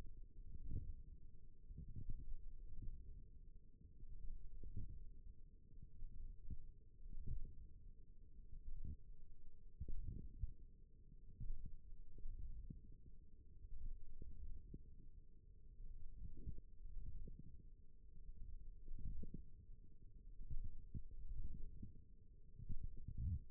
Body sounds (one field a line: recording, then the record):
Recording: forearm muscle sounds (acoustic myography)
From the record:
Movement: wrist flexion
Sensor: system 1, eight BSWA MPA416 microphones around the upper forearm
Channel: 2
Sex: female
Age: 21 years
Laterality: right